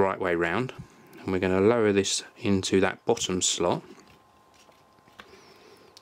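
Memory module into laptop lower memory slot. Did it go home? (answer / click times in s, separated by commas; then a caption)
no / none. Someone talks while an 8GB RAM module is turned the right way round and lowered into the bottom memory slot of an Apple MacBook Pro Late 2011, lining it up with the connector. After the talking stops, faint ticks at about 5.2 s and 6.0 s come from the module touching the slot as it is positioned. The module has not clicked into place yet.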